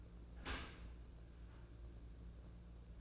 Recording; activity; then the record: daily activity, microphone in the room; open dishwasher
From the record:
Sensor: 2